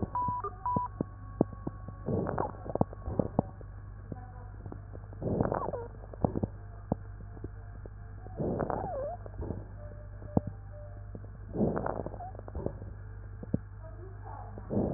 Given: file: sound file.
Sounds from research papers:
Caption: Two respiratory medicine physicians separately listened to the recordings and characterized them as follows: (2) wheezing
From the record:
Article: Back to the future: the novel art of digital auscultation applied in a prospective observational study of critically ill Covid-19 patients

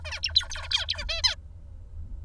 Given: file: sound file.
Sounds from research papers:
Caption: Example of Song Motif from Tutor #414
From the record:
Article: Incomplete and Inaccurate Vocal Imitation after Knockdown of FoxP2 in Songbird Basal Ganglia Nucleus Area X

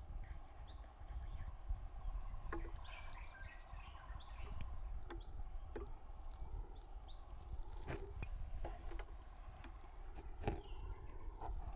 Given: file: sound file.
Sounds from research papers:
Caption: An example of a hissing display can be found in the attached video.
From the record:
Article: Behavioral snake mimicry in breeding tits

